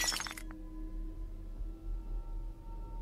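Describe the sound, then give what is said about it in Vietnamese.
A sharp ceramic crash as a woman washing dishes at a well in the yard accidentally drops a bowl, which hits the ground and shatters, a bright burst of breaking pieces with a quick clink after, then a low steady hum fills the remaining silence. “Bất chợt bà lỡ tay làm rơi cái bát xuống vỡ đánh xoảng một cái.”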